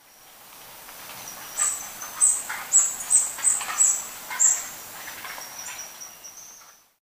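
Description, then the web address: Spotted barbtail uttering a series of seven sharp, very high notes about half a second apart, with soft clicks and rustling underneath. Recorded in Ecuador. "Birds of Ecuador. Spotted Barbtail"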